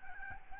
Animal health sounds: mosquito wingbeat signal from an infrared sensor; Aedes albopictus

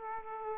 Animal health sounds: mosquito wingbeat signal from an infrared sensor; Aedes aegypti

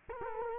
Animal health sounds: mosquito wingbeat signal from an infrared sensor; Culex quinquefasciatus

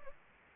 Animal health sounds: mosquito wingbeat signal from an infrared sensor; Anopheles gambiae

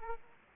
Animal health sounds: mosquito wingbeat signal from an infrared sensor; Aedes aegypti

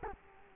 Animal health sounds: mosquito wingbeat signal from an infrared sensor; Culex quinquefasciatus

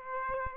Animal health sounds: mosquito wingbeat signal from an infrared sensor; Aedes aegypti

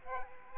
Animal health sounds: mosquito wingbeat signal from an infrared sensor; Aedes aegypti

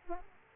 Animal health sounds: mosquito wingbeat signal from an infrared sensor; Aedes aegypti

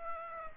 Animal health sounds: mosquito wingbeat signal from an infrared sensor; Aedes aegypti

